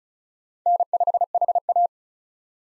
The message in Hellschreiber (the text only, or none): none